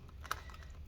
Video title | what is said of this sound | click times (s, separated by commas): Lenovo ThinkPad E580 Disassembly Keyboard Replacement Repair Accident (Watch all the way through!) | okay so that's like the clips coming out all right wow this thing is tough | 0.3 s